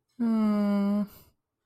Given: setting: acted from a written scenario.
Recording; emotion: vocal sound without words; guilt